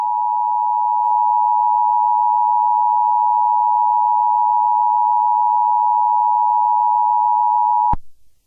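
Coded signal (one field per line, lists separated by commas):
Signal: Emergency Alert System (SAME) tones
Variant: 853 and 960 Hz attention tone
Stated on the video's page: Fictional EAS scenario using a text-to-speech app.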